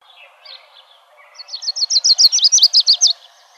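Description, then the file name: Lucy's Warbler song: a few soft notes, then a loud, rapid series of many high, sharply slurred notes, ending abruptly. Recorded 2 May 2005. "LUWA 4 deviche"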